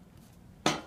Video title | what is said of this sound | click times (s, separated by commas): AV 96 Assembly video | letting the guides be my extra sets of hands you can hear them snap in | 0.7 s